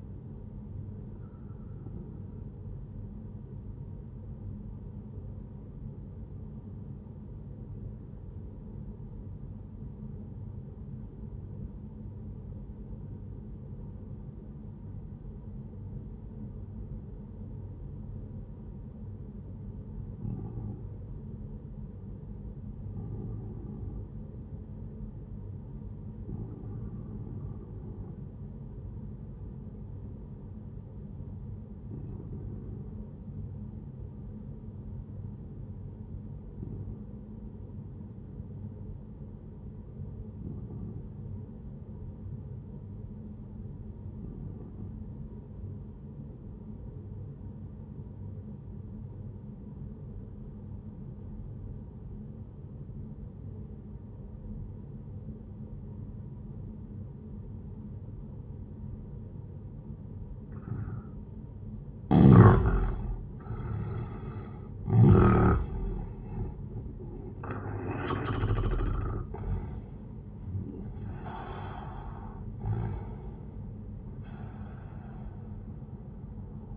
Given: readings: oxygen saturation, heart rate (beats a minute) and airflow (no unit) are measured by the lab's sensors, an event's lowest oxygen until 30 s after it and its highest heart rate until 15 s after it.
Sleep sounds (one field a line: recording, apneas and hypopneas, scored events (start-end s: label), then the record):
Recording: breathing in sleep by a smartphone at the bedside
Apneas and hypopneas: 1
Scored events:
3.00-61.20 s: obstructive apnea (N1, oxygen 97% highest, then 87% lowest, heart rate 66 at the start, 87 highest)
36.00-66.00 s: new sleep stage, REM sleep
66.00-76.76 s: new sleep stage, N1 (lightest sleep)
From the record:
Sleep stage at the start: N1 (lightest sleep)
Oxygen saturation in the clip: 90 to 97%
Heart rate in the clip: 60 to 87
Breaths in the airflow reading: 4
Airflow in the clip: -11.7 to 12.3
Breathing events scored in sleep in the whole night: 131 in 7.2 hours asleep